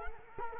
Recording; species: mosquito wingbeat signal from an infrared sensor; Culex quinquefasciatus